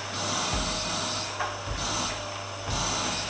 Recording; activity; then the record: daily activity, microphone in the room; vacuum cleaning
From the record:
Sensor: 2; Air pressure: 988.5 hPa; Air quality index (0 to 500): 195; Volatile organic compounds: 210 ppm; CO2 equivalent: 4244 ppm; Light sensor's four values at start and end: 19/64/25/24 and 19/65/25/24